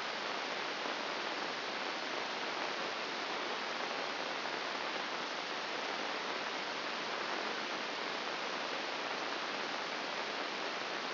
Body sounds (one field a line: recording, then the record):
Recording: brain microelectrode recording played as sound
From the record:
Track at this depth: inside the subthalamic nucleus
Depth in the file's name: 4.302 mm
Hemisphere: left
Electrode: 2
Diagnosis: Parkinson's disease